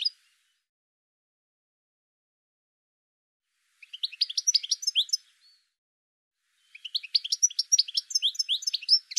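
Bird song: a brief note, a long silence, then two rapid twittering phrases of high chirps and whistled notes.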